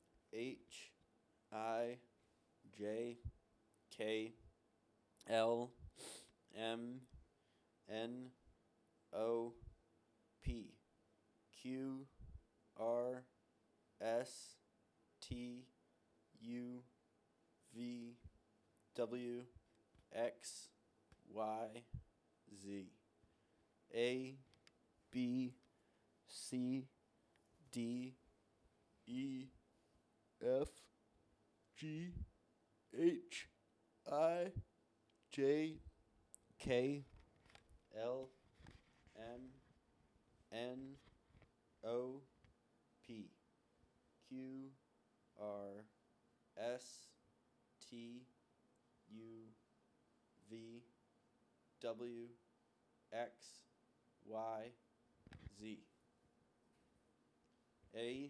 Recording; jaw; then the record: letters of the alphabet, spoken; free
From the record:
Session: seven days later